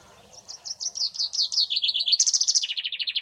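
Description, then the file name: Common chaffinch song: a quick series of bright notes that slides downward into a rattling trill, jumps up briefly, then falls into a final trill. "Fringilla coelebs"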